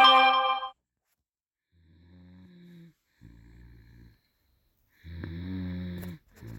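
A short tone opens, then three low, buzzy snore sounds follow, each about a second long with brief pauses between, in a steady breathing rhythm. It is a child's snoring.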